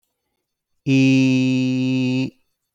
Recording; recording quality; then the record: sustained vowel as in beet; moderate, slight background noise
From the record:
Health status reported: healthy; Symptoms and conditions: asthma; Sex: male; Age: 41 years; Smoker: not ticked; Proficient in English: yes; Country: India